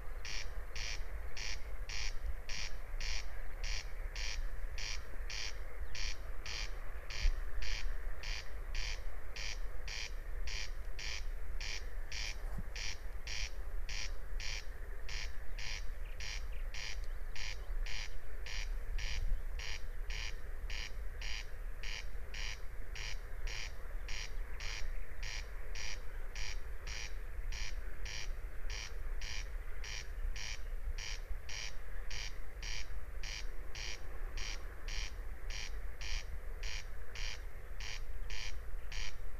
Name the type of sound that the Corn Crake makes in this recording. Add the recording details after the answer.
song. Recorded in the wild. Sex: male. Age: adult. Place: Peenemuende, Usedom, Mecklenburg-Vorpommern, DE. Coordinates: 54.1548, 13.7769. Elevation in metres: 1. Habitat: meadow. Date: 2015-06-04 23:30. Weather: clear, 7°C, almost windless. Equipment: Sound Devices 702, Sennheiser MKH 415 T, Rhode Windschutz. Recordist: Frommolt, Karl-Heinz